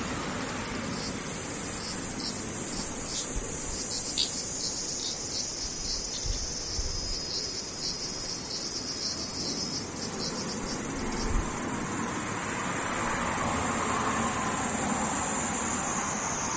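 Cicadas drone in a high, steady shrill across the whole clip, with some rapid flickering pulses in the first half and a brighter, denser buzz from about ten seconds on. A low, continuous rumble like passing traffic sits underneath, with a few soft thumps.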